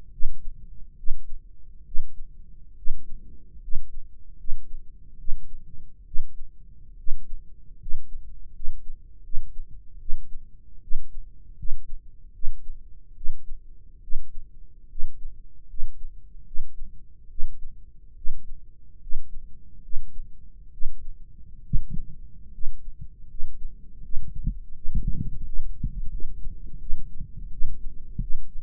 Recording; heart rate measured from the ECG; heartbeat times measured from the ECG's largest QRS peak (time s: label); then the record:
heart sounds by microphone in the right ear; 75 bpm
0.11 s: heartbeat
0.96 s: heartbeat
1.85 s: heartbeat
2.76 s: heartbeat
3.61 s: heartbeat
4.37 s: heartbeat
5.17 s: heartbeat
6.05 s: heartbeat
6.97 s: heartbeat
7.78 s: heartbeat
8.52 s: heartbeat
9.22 s: heartbeat
9.98 s: heartbeat
10.80 s: heartbeat
11.56 s: heartbeat
12.32 s: heartbeat
13.14 s: heartbeat
14.01 s: heartbeat
14.88 s: heartbeat
15.67 s: heartbeat
16.44 s: heartbeat
17.28 s: heartbeat
18.14 s: heartbeat
19.00 s: heartbeat
19.81 s: heartbeat
20.71 s: heartbeat
21.62 s: heartbeat
22.51 s: heartbeat
23.27 s: heartbeat
24.01 s: heartbeat
24.74 s: heartbeat
25.44 s: heartbeat
26.10 s: heartbeat
26.78 s: heartbeat
27.50 s: heartbeat
28.19 s: heartbeat
From the record:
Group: healthy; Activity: rest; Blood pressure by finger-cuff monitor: 142/83 mmHg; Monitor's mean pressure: 102 mmHg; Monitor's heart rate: 73 bpm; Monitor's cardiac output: 6.3 L/min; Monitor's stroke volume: 84 mL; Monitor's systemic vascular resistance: 1210 dyn s/cm5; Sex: male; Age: 21 years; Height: 180 cm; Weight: 67.5 kg